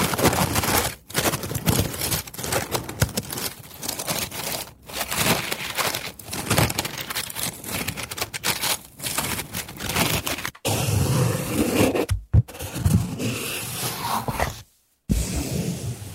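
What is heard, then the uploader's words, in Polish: Wood sounds: dense, rough scraping and rubbing that runs almost without pause, full of quick clicks and knocks from low thuds to bright crackle. Brief silent gaps cut in near 1, 5, 10.5 and 12 seconds, with a longer break around 15 seconds. ZAŚNIJ PRZY DŹWIĘKACH DREWNA! ASMR po polsku.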